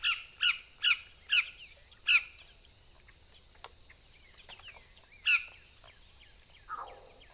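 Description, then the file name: Boat-tailed grackle calls: five loud, sharp squawks in quick succession, a pause with faint clicks and chatter, one more squawk and a low rasp. Recorded 14 April 2018. "2018-04-14 BTGR"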